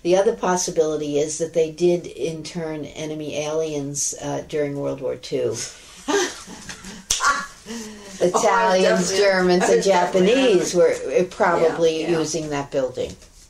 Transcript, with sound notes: the other possibility is that they did intern at enemy aliens during World War Two (both laugh). Italians, Germans, and Japanese were probably using that building.